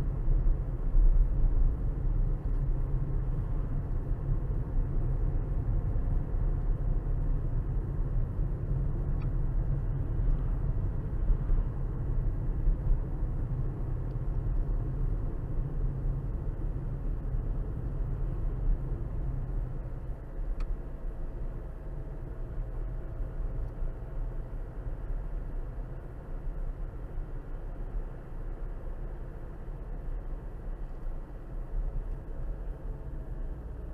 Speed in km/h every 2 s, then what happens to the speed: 44, 45, 45, 45, 44, 44, 44, 45, 44, 44, 44, 42, 42, 44, 45, 45, 44.
0-34 steady at about 44.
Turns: none.